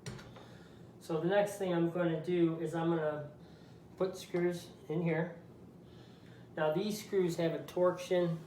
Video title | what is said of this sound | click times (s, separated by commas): How to fix the upper rack on a dishwasher | you let go, and it locks into place, okay? | 0.1 s